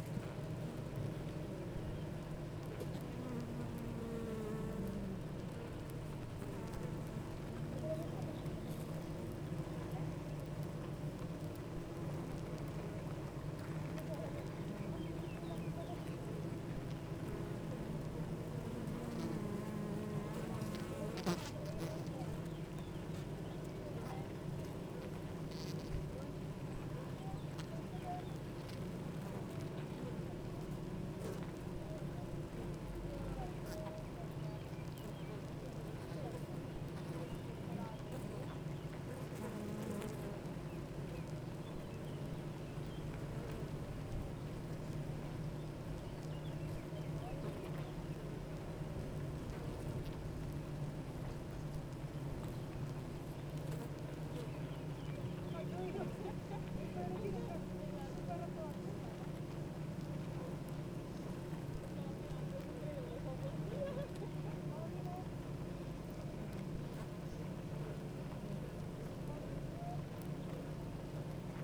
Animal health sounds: honeybee colony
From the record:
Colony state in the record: active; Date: 28 July 2017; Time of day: 9:06

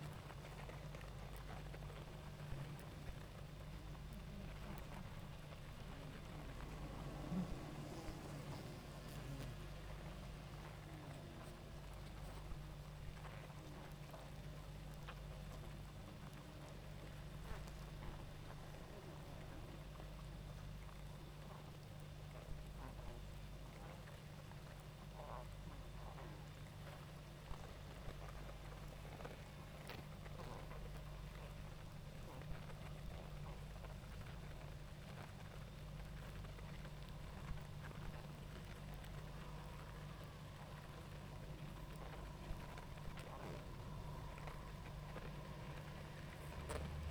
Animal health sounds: honeybee colony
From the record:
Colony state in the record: active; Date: 28 July 2017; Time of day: 19:34

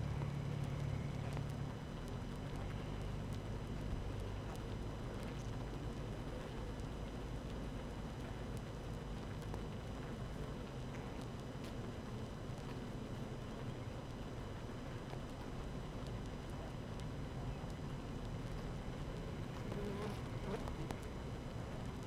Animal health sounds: honeybee colony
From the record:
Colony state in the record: active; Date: 12 June 2018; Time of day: 7:31

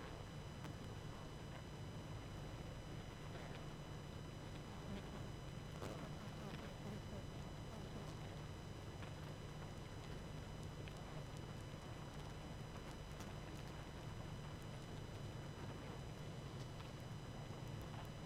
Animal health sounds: honeybee colony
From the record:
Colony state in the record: active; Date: 12 June 2018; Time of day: 21:36

